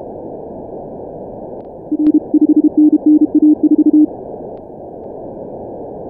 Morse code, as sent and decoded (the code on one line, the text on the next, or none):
.-. / ..... -. -. .- ....-
R 5NNA4